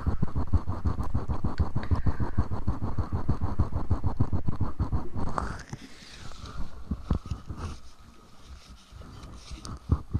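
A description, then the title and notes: Ear massage with fast, dense rubbing and scratching, crackly strokes in a steady rapid rhythm for about five seconds. Then it drops quieter, with a soft swishing sweep and sparser, scattered scratches and taps until the end. Ear massage & Mouth sounds.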